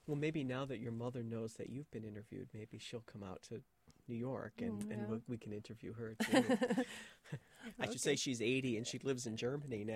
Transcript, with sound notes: Well, maybe now that your mother knows that you've been interviewed, maybe she'll come out to New York and-- and I don't know if we can interview her. (laughter) Like you say, she's 80 and she lives in German now.